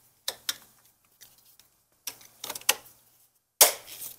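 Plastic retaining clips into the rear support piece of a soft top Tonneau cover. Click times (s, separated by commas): 0.3 s, 2.1 s, 2.7 s, 3.6 s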